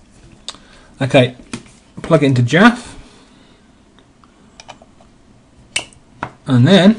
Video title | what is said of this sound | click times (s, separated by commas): J.A.F.: How to flash a Nokia 3220 using J.A.F. | and then you push down hard until it clicks like that. | 0.5 s